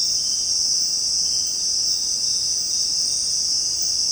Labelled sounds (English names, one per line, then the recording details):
none
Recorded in dense forest near Puerto Asís, Putumayo, Colombia, on 23 June 2025 at 18:30
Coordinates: 0.499, -76.324
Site G100